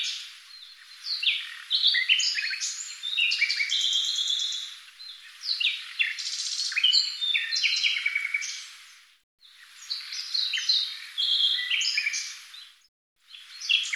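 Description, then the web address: Bird song, long runs of rapid varied chirps, whistles and trills, broken by two short pauses. "Deverinetal 2025"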